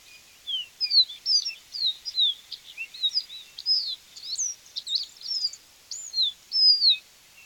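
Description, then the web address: Rufous-rumped seedeater singing a fast, varied run of high whistled slurs and chirps, many notes sliding down, delivered continuously with short gaps throughout. "Sporophila hypochroma - Capuchino castaño"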